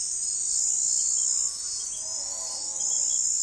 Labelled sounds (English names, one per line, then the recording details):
none
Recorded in forest near Pivijay, Magdalena, Colombia, on 4 June 2023 at 04:30
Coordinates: 10.467, -74.380
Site Z5-G034